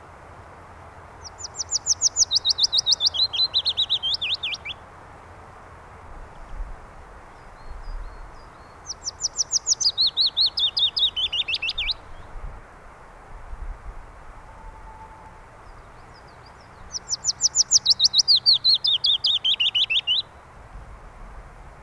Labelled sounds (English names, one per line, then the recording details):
Willow Warbler song
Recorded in the wild
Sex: male
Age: adult
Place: Garmisch-Partenkirchen, Bayern, DE
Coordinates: 47.4931, 11.0633
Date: 1962-04-21
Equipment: Stellavox SM 5, Original, Vollspur, AKG D19/200, langes Kabel
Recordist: Tretzel, Erwin